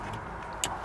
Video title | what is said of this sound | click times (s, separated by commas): How To Upgrade the Factory 2018+ Jeep Wrangler JL Radio to a 10" Dasaita Android Head unit IN DEPTH! | make sure it snaps into place | 0.6 s